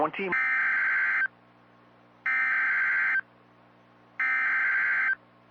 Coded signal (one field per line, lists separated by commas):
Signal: Emergency Alert System (SAME) tones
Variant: header bursts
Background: speech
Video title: (EAS#10) TORNADO WARNING AGAIN! | 05/16/2024